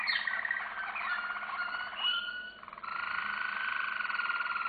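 Canary song with rapid rolling trills and a few sliding notes, then a steady, even buzzy trill held to the end.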